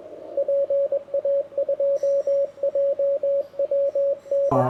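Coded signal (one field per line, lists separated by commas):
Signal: Morse code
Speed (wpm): 20 wpm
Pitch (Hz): 560 Hz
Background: radio noise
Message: PA2JWN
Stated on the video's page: CW Morse received on a WebSDR/KiwiSDR online receiver.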